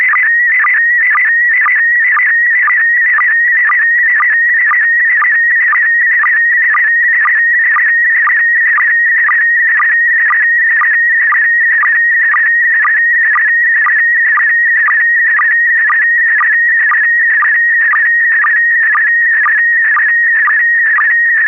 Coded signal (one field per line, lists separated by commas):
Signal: SSTV (slow-scan television)